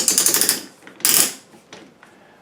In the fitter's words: and you screw it on, and you'll hear clicks.